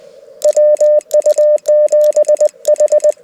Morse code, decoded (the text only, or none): WU7H